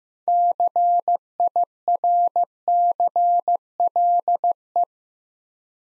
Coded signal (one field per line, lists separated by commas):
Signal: Morse code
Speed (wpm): 15 wpm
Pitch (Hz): 700 Hz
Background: none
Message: CIRCLE